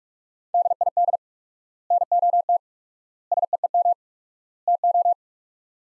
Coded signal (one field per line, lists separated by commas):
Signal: Morse code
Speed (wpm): 46 wpm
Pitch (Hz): 700 Hz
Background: none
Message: DID NOT SEEM TO